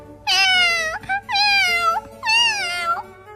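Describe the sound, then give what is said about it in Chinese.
A kitten cries out in three drawn-out, high-pitched meows, each wavering and sliding in pitch, separated by brief pauses and fairly loud. “也许是河马的大嘴巴一张一合的吓坏了猫宝宝，猫宝宝哇的一声哭了起来。”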